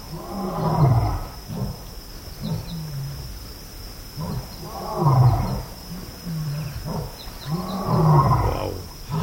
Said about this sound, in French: On entend déjà un petit peu les lions au loin. Voilà, donc là, il y a deux lions qui se répondent.